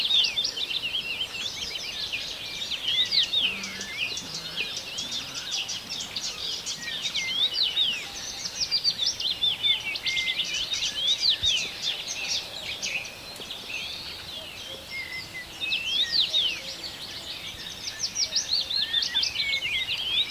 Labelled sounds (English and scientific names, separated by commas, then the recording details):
Common Rosefinch (Carpodacus erythrinus)
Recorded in the wild
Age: adult
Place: Hörfeld, AT
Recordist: Brunner, Thomas
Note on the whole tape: Aufnahme: 70er Jahre, im Hörfeld, Steiermark